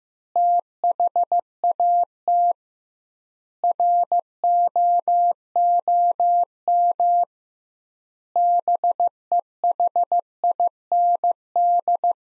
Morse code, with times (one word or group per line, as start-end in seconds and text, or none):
0.4-2.5 THAT
3.6-7.2 ROOM
8.4-12.1 BEHIND